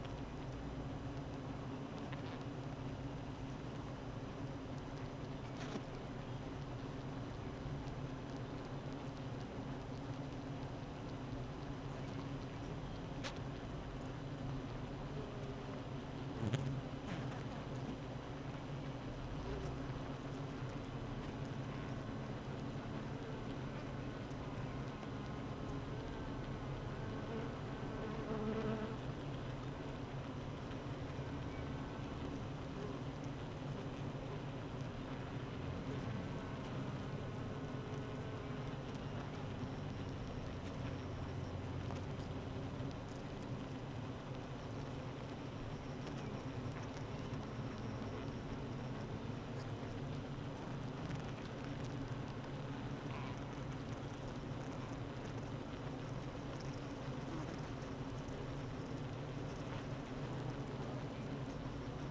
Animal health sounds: honeybee colony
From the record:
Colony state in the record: active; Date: 12 June 2018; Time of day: 8:30

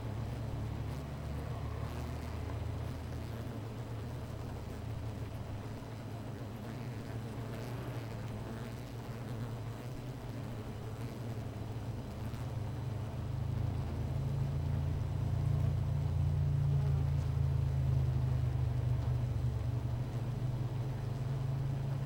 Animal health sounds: honeybee colony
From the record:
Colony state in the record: missing queen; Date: 14 July 2017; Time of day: 16:20

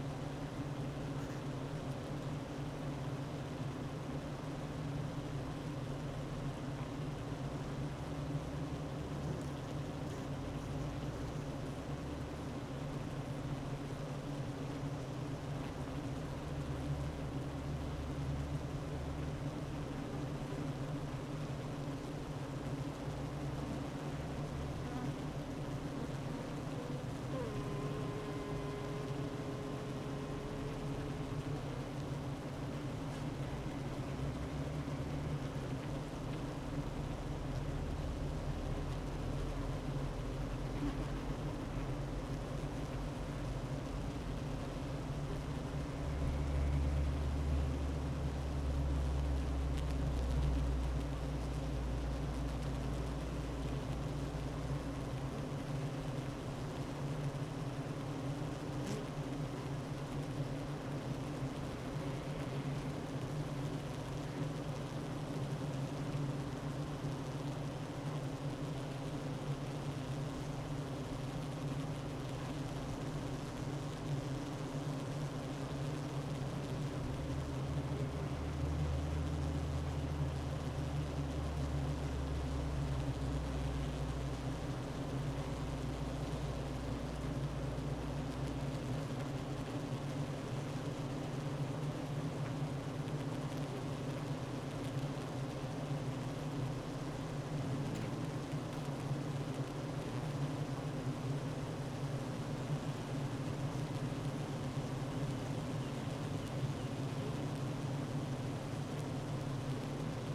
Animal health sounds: honeybee colony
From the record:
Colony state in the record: active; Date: 12 June 2018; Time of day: 9:28

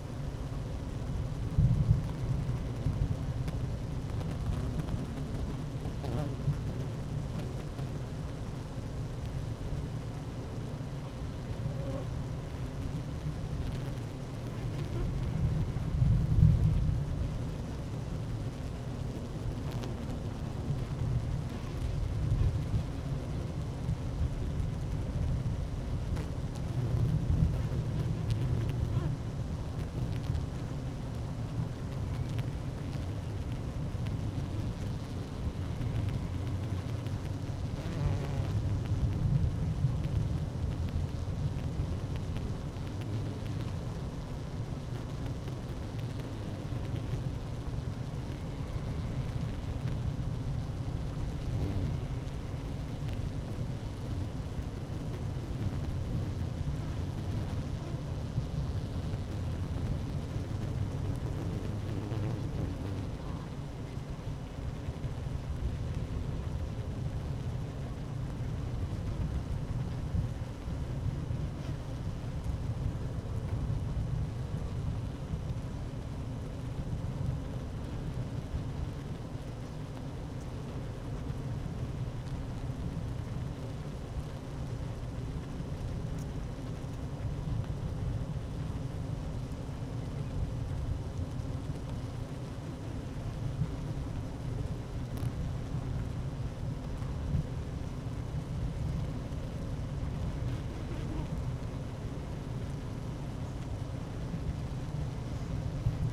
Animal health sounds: honeybee colony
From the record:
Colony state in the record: active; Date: 12 June 2018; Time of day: 11:54

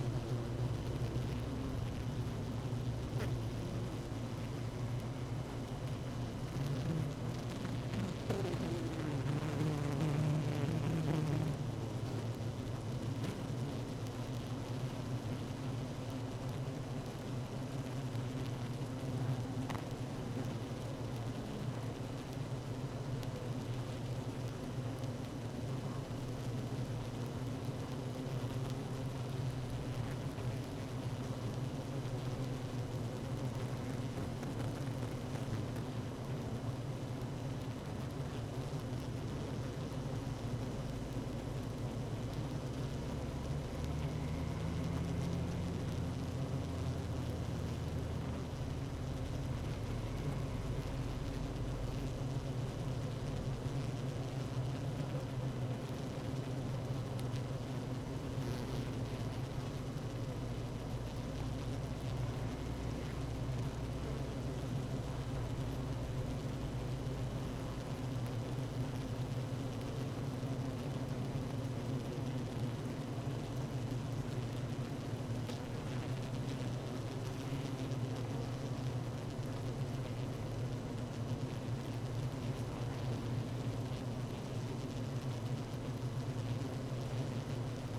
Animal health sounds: honeybee colony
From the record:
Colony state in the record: active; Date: 12 June 2018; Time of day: 16:51

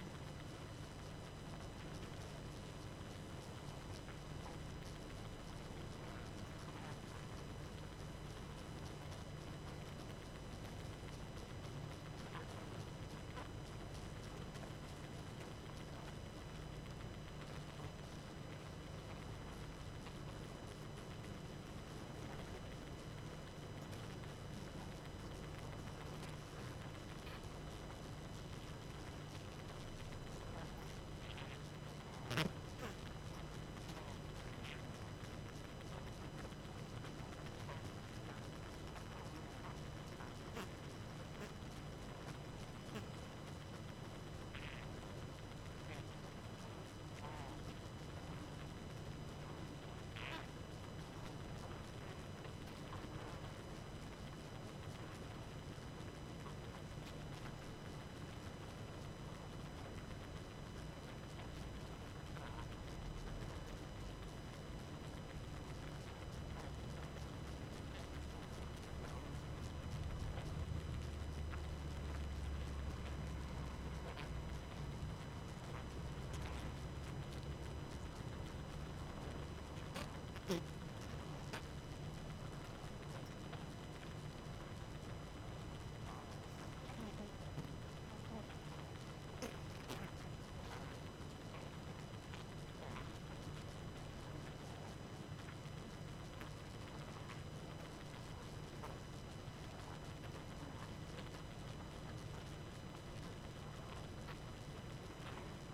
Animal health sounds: honeybee colony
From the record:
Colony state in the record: active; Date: 12 June 2018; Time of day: 22:26

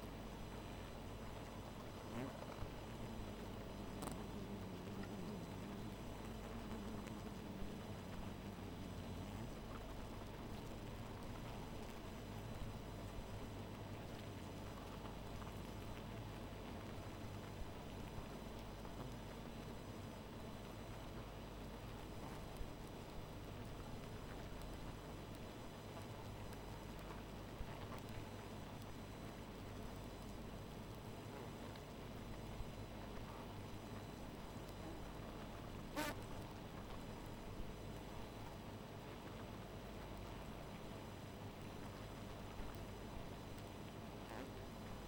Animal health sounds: honeybee colony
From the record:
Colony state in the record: missing queen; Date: 14 July 2017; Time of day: 1:23

